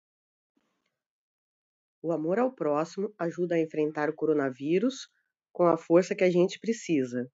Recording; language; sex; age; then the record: spoken sentence; Brazilian Portuguese; female; 50 to 59 years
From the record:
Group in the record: control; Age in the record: 50 years